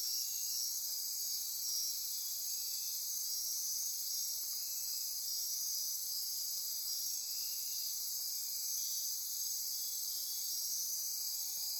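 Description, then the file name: Insect chorus, relentless high hum of many callers, and softer lower pulsed trills recurring every few seconds. Insect chorus recorded at midnight near Corcovado. "Wind-is-the-Original-Radio-Fridays 20240628 Andy-Martin Midnight-Insect-Chorus-Near-Corcovado"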